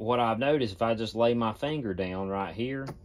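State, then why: Not seated. A finger rests on the metal shell plate of a progressive reloading press, with charged cases in place, to slow its indexing into the detent so the jolt doesn't spill powder from the cases. Only someone talking is heard over the 3.1 seconds. Nothing has seated or clicked yet; the plate has not snapped into its detent.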